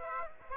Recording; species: mosquito wingbeat signal from an infrared sensor; Aedes aegypti